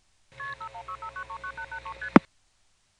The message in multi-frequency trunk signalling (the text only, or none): KP5165939883ST